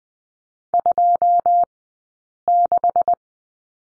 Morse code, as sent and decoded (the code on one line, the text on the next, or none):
..--- -....
26